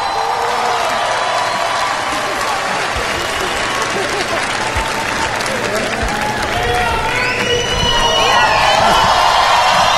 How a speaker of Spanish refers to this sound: Los aplausos del público y ahí para la cantante cubana.